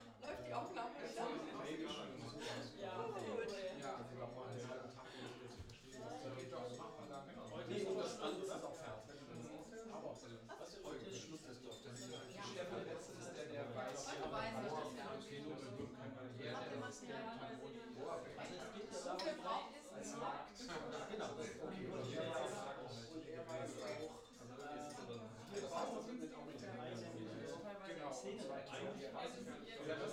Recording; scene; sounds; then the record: everyday scene through a hearing-aid microphone; many people talking; many voices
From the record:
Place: bistro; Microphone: in the ear canal, left